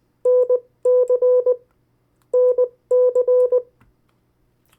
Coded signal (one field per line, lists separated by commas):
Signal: Morse code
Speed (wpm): 20 wpm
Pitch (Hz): 500 Hz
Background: none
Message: NC NC